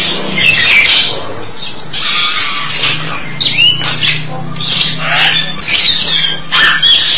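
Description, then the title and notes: Starling song in bursts: grating chatter broken by sliding whistles and a rising squeal, with short gaps between phrases and a low steady hum underneath. "suara burung jalak"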